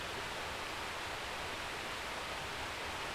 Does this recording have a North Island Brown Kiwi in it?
no